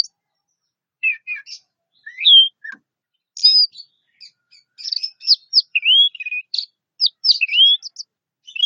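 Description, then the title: Orange-headed thrush song mixing clear slurred whistles, falling and rising, with scratchy high twitters in a lively varied sequence. "Anis Merah"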